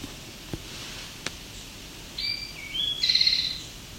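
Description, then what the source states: Eastern Towhee song, a short high phrase of two clear notes followed by a trill at the end, over steady background hiss with a couple of faint clicks. Novel variation on the 'drink your tea' song, possibly unique to this bird or to the peninsula area.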